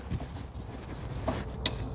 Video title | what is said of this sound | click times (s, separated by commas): "Fixing" the battery on my FREE Ford Focus Electric (Part 3) | So that's click one, and that's click two. | 1.3 s, 1.7 s